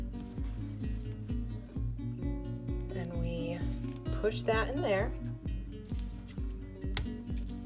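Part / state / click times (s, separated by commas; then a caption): plastic fitting pushed into a glass roll-on perfume bottle or its cap / seated / 7.0 s. With music playing and someone talking, a plastic fitting is pushed into a small glass roll-on perfume bottle or its cap while caps are being fitted. A sharp, loud, very short snap at 7.0 s marks the part seating home.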